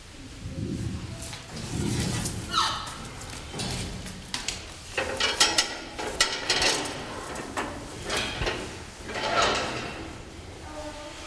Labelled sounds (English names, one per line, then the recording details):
Red River Hog
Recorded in captivity
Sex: pair
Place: Zoo Berlin, Berlin, DE
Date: 1996-04-06 18:00
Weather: heiter, 14°C
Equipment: Sony MD-WM MZ-R3, Sennheiser MKH 416 T, Kopie Uher 4000 Report Monitor
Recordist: Tembrock, Günter